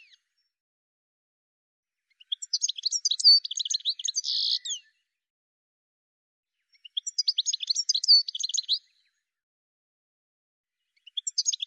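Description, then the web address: Bird giving high, twittering phrases of quick squeaky chirps, one with a buzzy note, repeated three times with silence between. "cianscape birddata"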